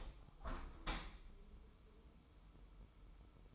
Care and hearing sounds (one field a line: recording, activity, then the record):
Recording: daily activity, microphone in the room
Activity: open window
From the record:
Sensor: 1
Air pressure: 1014.9 hPa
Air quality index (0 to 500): 25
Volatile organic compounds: 0 ppm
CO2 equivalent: 505 ppm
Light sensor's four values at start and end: 10/25/10/11 and 11/26/10/12